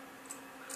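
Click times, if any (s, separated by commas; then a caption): none. The hinged head of a gold-plated 1920s Wilkinson Pall Mall wedge-blade safety razor, from a 7-day set, is swung down toward its frame, with light handling ticks at about 0.3 s and 0.8 s over a steady low hum. The head is still being handled, and nothing has seated or clicked yet.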